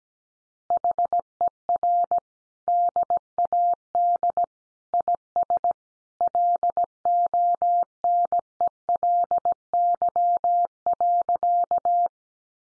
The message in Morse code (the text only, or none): HER DAD IS LONELY.